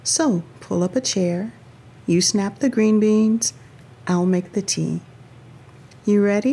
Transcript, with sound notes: So pull up a chair. You snap the green beans— I’ll make the tea. (soft smile pause) You ready?